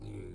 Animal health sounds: pig call; weaner (32 to 43 days)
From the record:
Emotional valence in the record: negative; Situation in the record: novel object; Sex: female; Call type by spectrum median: low-frequency call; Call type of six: low-frequency stable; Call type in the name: low-frequency stable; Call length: 0.35 s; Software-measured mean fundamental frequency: 51 Hz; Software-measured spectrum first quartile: 89 Hz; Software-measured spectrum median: 217 Hz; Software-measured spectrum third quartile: 421 Hz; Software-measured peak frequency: 361 Hz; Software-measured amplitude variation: 85 dB a second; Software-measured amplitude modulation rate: 33.8 a second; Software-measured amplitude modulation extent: 2.5 dB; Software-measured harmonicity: -1.0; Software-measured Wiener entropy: 0.35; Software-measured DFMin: 1185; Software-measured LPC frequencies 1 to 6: 350, 2270, 3720, 4093, 6707, 7588 Hz

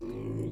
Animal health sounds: pig call; weaner (32 to 43 days)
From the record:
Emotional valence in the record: negative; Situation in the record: novel object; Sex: female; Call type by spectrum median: low-frequency call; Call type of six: low-frequency stable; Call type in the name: low-frequency stable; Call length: 0.52 s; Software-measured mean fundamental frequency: 53 Hz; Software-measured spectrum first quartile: 123 Hz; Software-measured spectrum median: 249 Hz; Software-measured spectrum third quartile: 369 Hz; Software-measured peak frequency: 354 Hz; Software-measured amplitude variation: 79 dB a second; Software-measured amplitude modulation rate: 25.9 a second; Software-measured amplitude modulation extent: 3.1 dB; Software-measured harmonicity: -1.1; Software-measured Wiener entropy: -0.15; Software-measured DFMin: 857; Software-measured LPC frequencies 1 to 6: 338, 2288, 3961, 5755, 7135, 8411 Hz

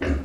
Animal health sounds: pig call; growing-finishing pig (85 days or more)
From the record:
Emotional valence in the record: negative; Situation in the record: barren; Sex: male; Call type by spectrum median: low-frequency call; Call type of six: low-frequency stable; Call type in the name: low-frequency tonal, not sure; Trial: 3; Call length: 0.25 s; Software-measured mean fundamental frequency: 40 Hz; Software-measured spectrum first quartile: 107 Hz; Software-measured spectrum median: 288 Hz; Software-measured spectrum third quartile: 755 Hz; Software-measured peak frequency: 271 Hz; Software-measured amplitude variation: 96 dB a second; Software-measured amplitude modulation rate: 13.9 a second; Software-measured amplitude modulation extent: 6.9 dB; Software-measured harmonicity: -0.6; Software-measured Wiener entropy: -1.10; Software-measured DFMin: 814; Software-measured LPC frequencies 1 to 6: 376, 1676, 2777, 3776, 4490, 5261 Hz

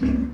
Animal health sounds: pig call; growing-finishing pig (85 days or more)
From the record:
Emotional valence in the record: negative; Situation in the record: barren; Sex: female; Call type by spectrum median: low-frequency call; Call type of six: low-frequency stable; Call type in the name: low-frequency stable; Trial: 3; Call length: 0.34 s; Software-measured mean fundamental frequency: 52 Hz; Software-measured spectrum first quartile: 150 Hz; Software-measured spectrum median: 233 Hz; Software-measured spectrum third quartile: 292 Hz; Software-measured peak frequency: 252 Hz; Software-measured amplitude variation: 176 dB a second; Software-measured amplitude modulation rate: 27.7 a second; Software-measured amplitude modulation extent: 6.4 dB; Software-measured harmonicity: 5.3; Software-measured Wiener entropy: -0.93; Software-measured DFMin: 626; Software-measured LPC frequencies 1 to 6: 266, 1637, 2501, 4302, 5588, 6642 Hz

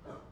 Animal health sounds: pig call; growing-finishing pig (85 days or more)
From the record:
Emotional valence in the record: positive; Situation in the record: run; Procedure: transit

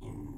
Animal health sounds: pig call; weaner (32 to 43 days)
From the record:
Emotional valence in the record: negative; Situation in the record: negative conditioning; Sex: female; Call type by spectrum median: low-frequency call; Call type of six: low-frequency stable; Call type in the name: low-frequency stable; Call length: 0.38 s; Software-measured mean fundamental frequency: 40 Hz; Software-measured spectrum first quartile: 90 Hz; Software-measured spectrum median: 208 Hz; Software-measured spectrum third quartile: 368 Hz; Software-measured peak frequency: 105 Hz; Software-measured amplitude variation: 111 dB a second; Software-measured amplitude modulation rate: 29.2 a second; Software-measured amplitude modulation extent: 3.8 dB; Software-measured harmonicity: -1.7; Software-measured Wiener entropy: 0.19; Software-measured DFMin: 833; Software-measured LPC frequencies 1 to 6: 296, 941, 2126, 2928, 3434, 5316 Hz

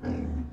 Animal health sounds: pig call; growing-finishing pig (85 days or more)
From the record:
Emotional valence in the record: negative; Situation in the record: barren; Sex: female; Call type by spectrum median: low-frequency call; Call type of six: low-frequency stable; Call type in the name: low-frequency stable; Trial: 1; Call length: 0.53 s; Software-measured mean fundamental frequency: 66 Hz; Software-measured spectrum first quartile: 87 Hz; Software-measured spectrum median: 198 Hz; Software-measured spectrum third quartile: 325 Hz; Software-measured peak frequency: 248 Hz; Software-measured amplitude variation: 146 dB a second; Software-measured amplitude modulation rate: 27.2 a second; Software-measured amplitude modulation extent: 5.4 dB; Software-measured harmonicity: -2.6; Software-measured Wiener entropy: -0.24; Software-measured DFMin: 1068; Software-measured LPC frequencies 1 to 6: 1622, 2366, 3959, 4871, 5975, 6556 Hz

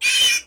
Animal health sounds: pig call; piglet (1 to 25 days)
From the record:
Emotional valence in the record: negative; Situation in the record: castration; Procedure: castration, cut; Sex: male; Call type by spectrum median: high-frequency call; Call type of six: high-frequency modulated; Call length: 0.47 s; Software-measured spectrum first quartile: 2766 Hz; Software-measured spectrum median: 3509 Hz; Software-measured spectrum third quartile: 6324 Hz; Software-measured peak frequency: 3031 Hz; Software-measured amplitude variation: 130 dB a second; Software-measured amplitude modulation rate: 16.0 a second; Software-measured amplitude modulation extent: 8.1 dB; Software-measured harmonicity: 6.5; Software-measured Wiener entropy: -2.46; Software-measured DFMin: 481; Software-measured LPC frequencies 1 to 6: 1740, 2441, 3066, 3830, 4518, 5396 Hz

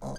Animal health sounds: pig call; piglet (1 to 25 days)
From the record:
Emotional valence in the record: negative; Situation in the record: long isolation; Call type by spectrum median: low-frequency call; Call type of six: mixed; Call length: 0.19 s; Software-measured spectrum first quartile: 122 Hz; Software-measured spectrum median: 391 Hz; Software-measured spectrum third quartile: 897 Hz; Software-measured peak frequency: 627 Hz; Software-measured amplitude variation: 68 dB a second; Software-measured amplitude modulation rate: 18.1 a second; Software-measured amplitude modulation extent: 3.8 dB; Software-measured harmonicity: -0.6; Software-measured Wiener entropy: -0.60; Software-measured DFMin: 992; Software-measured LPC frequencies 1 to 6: 657, 1579, 3172, 4039, 4759, 6334 Hz

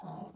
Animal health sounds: pig call; piglet (1 to 25 days)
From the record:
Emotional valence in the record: negative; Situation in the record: long isolation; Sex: male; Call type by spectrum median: low-frequency call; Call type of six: low-frequency stable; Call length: 0.37 s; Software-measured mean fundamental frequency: 72 Hz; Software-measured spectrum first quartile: 199 Hz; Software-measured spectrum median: 463 Hz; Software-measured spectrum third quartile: 827 Hz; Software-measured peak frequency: 189 Hz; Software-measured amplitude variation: 183 dB a second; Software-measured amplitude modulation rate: 24.5 a second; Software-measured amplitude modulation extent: 7.5 dB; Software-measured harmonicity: 3.6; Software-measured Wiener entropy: -0.29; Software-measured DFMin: 885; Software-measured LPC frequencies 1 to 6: 779, 2963, 3795, 4929, 6015, 7598 Hz

